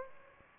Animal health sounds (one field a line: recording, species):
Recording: mosquito wingbeat signal from an infrared sensor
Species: Aedes aegypti